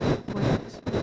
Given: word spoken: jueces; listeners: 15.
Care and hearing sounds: one Spanish word in noise, from a listening test; noise modulated by one talker; -10.5 dB; 1 of 15; 9 of 15; 0.62 s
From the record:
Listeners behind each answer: 9, 1, 1, 1, 1, 1, 1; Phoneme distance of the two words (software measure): 20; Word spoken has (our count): 2 syllables, 6 phonemes, stress on syllable 1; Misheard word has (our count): 2 syllables, 6 phonemes, stress on syllable 1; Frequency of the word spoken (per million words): 41.73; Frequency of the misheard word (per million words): 0.92

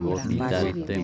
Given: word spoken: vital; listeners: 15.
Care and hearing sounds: one Spanish word in noise, from a listening test; four-talker babble; -2.5 dB; 3 of 15; 6 of 15; 0.64 s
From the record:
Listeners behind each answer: 6, 3, 2, 1, 1, 1, 1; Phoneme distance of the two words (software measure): 24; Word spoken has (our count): 2 syllables, 5 phonemes, stress on syllable 2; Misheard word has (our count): 3 syllables, 7 phonemes, stress on syllable 3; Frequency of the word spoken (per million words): 33.02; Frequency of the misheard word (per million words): 90.60

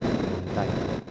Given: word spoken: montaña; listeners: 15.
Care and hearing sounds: one Spanish word in noise, from a listening test; noise modulated by three-talker babble; -4.8 dB; 3 of 15; 6 of 15; 0.71 s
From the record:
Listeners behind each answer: 6, 3, 3, 1, 1, 1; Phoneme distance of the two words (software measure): 10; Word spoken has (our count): 3 syllables, 7 phonemes, stress on syllable 2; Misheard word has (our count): 3 syllables, 7 phonemes, stress on syllable 2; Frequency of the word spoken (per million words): 37.53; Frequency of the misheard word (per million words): 1.03

